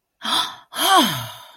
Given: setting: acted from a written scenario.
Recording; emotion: vocal sound without words; realization